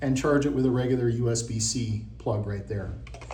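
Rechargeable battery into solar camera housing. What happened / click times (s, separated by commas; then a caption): Handled, not yet home: battery pack being fitted into housing / none. A rechargeable battery pack is handled near a solar camera housing, with a USB-C charging port on it, while someone talks over faint tapping and handling sounds. A sharp tick comes at the very end, around 3.3 s. Nothing has seated or clicked yet.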